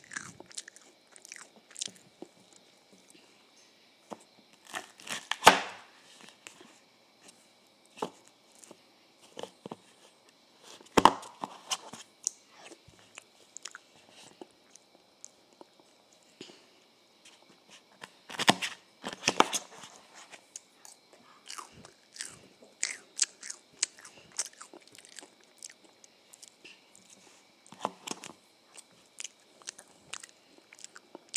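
Someone eats ice cream and waffles with frequent crisp crunches and chewing, louder bites near 5, 11 and 19 seconds, and a faint steady hum.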